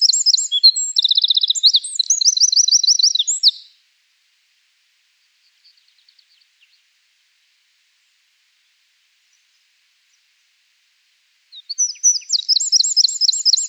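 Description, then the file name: Eurasian wren gives a high, vigorous song of rapid trills and rattles for nearly four seconds, a few faint notes, then another energetic song starting after a long gap. "Troglodytes troglodytes"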